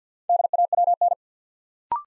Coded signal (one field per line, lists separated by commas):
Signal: Morse code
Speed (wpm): 50 wpm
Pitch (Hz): 700 Hz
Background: none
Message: DAWN